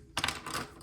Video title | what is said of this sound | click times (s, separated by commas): Video Review: Transformers Studio Series 86 - Commander Class ULTRA MAGNUS | And it's kind of like a friction tab here. It does pop off. | 0.2 s